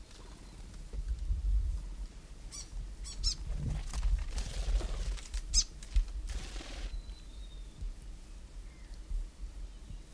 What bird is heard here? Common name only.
New Zealand Fantail